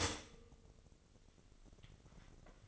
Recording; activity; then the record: daily activity, microphone in the room; stop toaster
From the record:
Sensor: 4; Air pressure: 1008.1 hPa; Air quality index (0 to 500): 104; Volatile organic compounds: 1 ppm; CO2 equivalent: 771 ppm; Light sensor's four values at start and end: 9/20/8/8 and 9/20/8/8